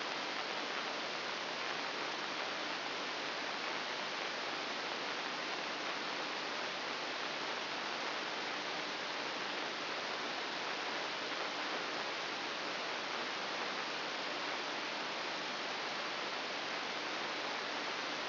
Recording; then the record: brain microelectrode recording played as sound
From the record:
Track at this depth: inside the subthalamic nucleus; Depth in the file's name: 1.407 mm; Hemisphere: right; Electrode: 3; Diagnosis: Parkinson's disease